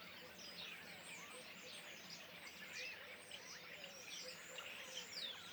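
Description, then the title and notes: Common starling flock calling continuously, bright whistles, buzzy notes and clicks layered densely throughout. Flock perched in trees beside the Louroux pond, Le Louroux, Indre-et-Loire, Centre-Val de Loire, France; recorded with Sennheiser MKH8020 ORTF stereo pair, Rycote, Sound Devices MixPre6 II. "Le Louroux, Loches, Indre-et-Loire, Centre-Val de Loire, France métropolitaine, 37240, France - étourneaux sansonnet dans les arbres. Nuée d'étourneaux posés dans un arbre aux abords de l'étang du louroux"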